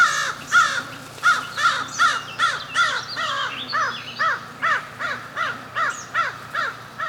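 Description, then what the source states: American crow cawing, a rapid series of many loud harsh caws. Three to four American crows, at least three seen, calling in a small open grassy field between fields 1 and 2, Duck Creek Conservation Area, Greenbrier Unit.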